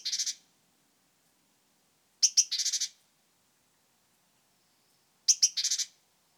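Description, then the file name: Great tit giving buzzy scolding calls, two piercing notes leading into a rasping churr, three bursts spaced about two to three seconds apart. "Parus major"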